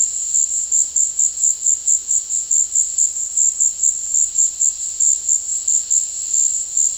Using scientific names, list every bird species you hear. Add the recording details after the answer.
none. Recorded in dense forest near Puerto Asís, Putumayo, Colombia, on 20 February 2024 at 15:30. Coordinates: 0.485, -76.325. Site G6429